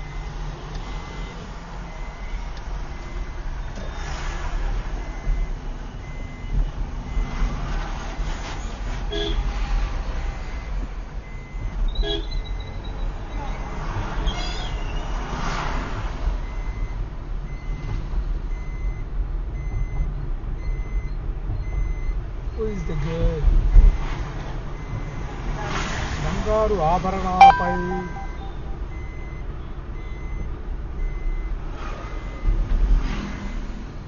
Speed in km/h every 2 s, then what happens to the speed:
8, 0, 7, 14, 23, 26, 31, 34, 35, 37, 39, 40, 40, 40, 39, 37, 30.
3-22 pulls away to 40. 22-29 steady at about 40. 29-34 slows to 30.